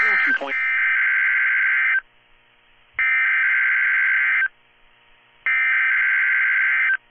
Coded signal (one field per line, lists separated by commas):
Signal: Emergency Alert System (SAME) tones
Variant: header bursts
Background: speech